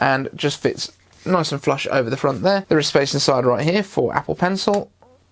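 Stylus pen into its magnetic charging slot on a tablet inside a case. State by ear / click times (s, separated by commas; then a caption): not seated / none. An Apple Pencil stylus is being handled toward its slot inside a rubbery ESR Rebound Pencil Case on an iPad Air 4, where it snaps magnetically onto the tablet's charging edge. Someone talks throughout, with no distinct click. The clip ends before the stylus goes home, so nothing has seated or clicked yet.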